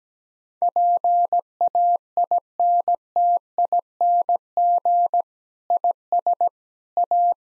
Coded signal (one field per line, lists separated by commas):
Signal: Morse code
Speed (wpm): 17 wpm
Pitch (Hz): 700 Hz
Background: none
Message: PAINTING IS A